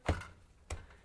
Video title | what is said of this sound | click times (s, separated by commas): Folding BIKE! HeyBike MARS 2.0 eBike - 28 mph and up to 45 miles. | and then locks into place | 0.7 s